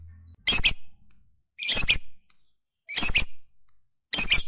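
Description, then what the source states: Lovebird giving short harsh squawking bursts, about four over a few seconds, each a broad noisy screech with a clipped double pulse. Fighter-type lovebird giving a long chatter, called ngekek panjang.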